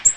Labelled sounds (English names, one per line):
Black-throated Green Warbler flight call